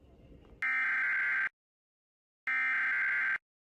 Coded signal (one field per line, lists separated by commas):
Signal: Emergency Alert System (SAME) tones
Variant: header bursts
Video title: (EAS #2,048 - #2,055) THE LAST GRIP OF WINTER - EAS Alerts & Tests from 3/3/25 - 3/5/25